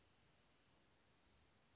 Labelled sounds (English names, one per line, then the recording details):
Western Flycatcher
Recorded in Sonoma County, California